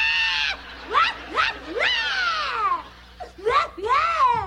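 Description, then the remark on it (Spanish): A girl cries loudly because the holidays are over, letting out a string of high, wavering wails that swoop up and down in pitch, with short catches of breath between the sobs. “¿Pero por qué estás llorando, mija?”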